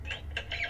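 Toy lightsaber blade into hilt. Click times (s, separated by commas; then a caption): 0.4 s. A toy lightsaber blade is clipped into the hilt coupling and then twisted to finish assembly. A single sharp click is heard at 0.4 s over a steady low hum, and the blade is seated in the hilt.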